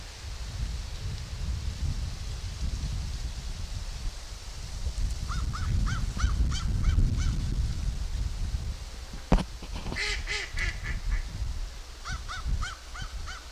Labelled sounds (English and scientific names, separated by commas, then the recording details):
American Crow (Corvus brachyrhynchos) call
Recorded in the wild
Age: adult
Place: Wildlife Park Shubenacadie, Nova Scotia, CA
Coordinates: 45.0931, -63.3944
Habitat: park
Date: 1991-10-10 12:06
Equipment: Sony WM-D6C, Sony ECM-939 LT (Stereo), Kopie Uher 4400 IC
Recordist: Frommolt, Karl-Heinz